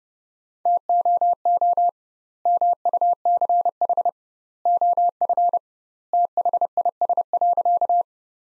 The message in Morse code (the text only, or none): TOO MUCH OF THIS.